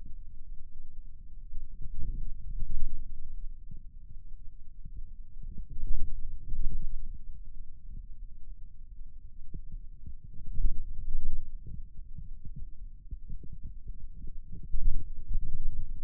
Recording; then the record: forearm muscle sounds (acoustic myography)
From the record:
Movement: radial deviation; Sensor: system 2, bracelet of six BSWA MPA416 microphones around the upper forearm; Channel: 2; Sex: male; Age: 22 years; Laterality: right